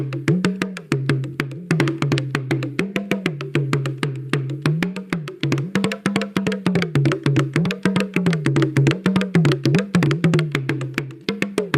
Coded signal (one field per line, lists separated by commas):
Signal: talking drum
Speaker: lo que ustedes han escuchado, es un tambor parlante, pero ya moderno